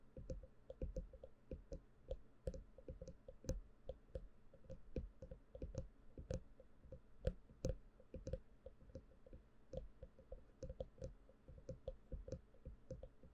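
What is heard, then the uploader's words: Dry clicks and taps from hands and mouth sounds fill the whole stretch, arriving in quick irregular clusters several times a second. Each is short and snappy with a bright tick on top and a soft low thump beneath. Hands sounds and hair brushing and mouth sounds.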